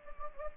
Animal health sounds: mosquito wingbeat signal from an infrared sensor; Anopheles gambiae

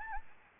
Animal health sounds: mosquito wingbeat signal from an infrared sensor; Anopheles gambiae

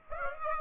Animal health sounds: mosquito wingbeat signal from an infrared sensor; Aedes aegypti

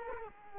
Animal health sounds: mosquito wingbeat signal from an infrared sensor; Culex quinquefasciatus

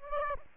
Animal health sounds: mosquito wingbeat signal from an infrared sensor; Aedes aegypti

